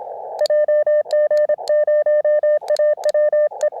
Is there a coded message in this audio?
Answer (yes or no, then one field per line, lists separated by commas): yes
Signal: Morse code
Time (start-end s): 0.4-3.7 s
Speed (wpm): 26 wpm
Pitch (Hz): 600 Hz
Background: radio noise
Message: JG0AWE